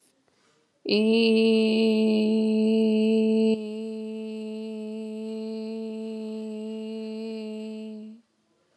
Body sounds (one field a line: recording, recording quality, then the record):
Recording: sustained vowel as in made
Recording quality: excellent, no background noise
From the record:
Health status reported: COVID-19 positive, mild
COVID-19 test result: positive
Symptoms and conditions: cold, fever, fatigue, hypertension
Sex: female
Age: 54 years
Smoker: no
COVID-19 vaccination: both doses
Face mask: not worn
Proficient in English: yes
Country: India